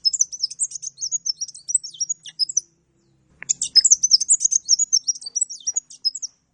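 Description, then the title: Oriental magpie-robin song: two long, dense runs of high chips and whistled slurs, separated by a short pause. Bird-training (masteran) recording; lively, chatty singing described as gacor; a champion bird. "Kacer Juara Gacor"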